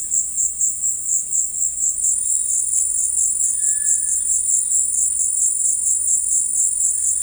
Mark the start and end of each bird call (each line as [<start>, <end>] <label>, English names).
[0.00, 7.23] unidentified bird
[3.52, 4.41] Cinereous Tinamou